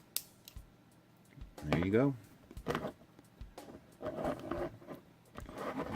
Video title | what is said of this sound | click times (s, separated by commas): Star Wars Episode 1 The Phantom Menace Armored Scout Tank with Battle Droid | just insert until you hear click there | 0.2 s